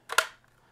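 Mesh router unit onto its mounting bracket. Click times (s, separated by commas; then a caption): 0.2 s. A Deco X50-PoE mesh Wi-Fi unit is slid onto its plastic ceiling/wall mounting plate, giving a short scrape at 0.1 s and then a sharp click at 0.2 s that rings off quickly. The unit is seated on its mount.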